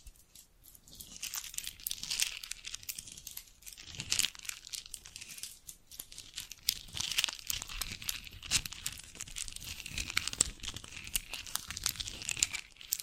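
Jewelry and bracelets are handled with dense, continuous crinkling and rustling, bright scratchy clicks running steadily throughout with brief pauses.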